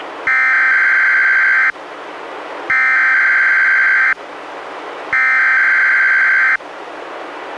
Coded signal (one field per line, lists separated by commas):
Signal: Emergency Alert System (SAME) tones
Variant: header bursts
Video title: EAS #102-104: 3 NWR Required Weekly Tests- Mar. 16-30, 2016